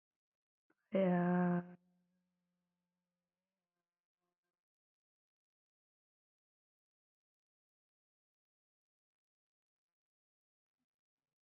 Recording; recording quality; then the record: sustained vowel as in made; poor, much background noise or distortion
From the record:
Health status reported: healthy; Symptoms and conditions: cough, cold, fever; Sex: female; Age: 31 years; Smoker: no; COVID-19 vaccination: both doses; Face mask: not worn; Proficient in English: yes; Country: India